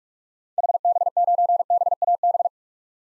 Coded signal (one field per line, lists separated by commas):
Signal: Morse code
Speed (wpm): 42 wpm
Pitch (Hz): 700 Hz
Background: none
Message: HB9BAB